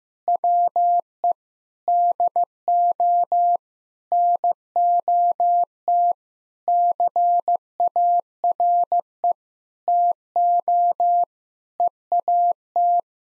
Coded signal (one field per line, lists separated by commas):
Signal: Morse code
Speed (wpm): 15 wpm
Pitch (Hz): 700 Hz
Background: none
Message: WE DO NOT CARE TO EAT